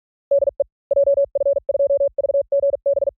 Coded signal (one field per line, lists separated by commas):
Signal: Morse code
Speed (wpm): 46 wpm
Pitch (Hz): 560 Hz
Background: none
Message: DE JF2VGB